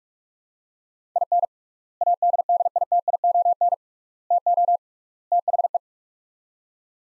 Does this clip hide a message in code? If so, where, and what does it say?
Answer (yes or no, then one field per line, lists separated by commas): yes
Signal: Morse code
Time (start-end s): 1.2-5.8 s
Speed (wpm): 42 wpm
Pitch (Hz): 700 Hz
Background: none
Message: IN ADDITION TO THE